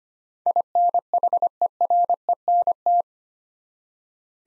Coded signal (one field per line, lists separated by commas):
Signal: Morse code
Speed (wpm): 25 wpm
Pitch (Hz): 700 Hz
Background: none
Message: INHERENT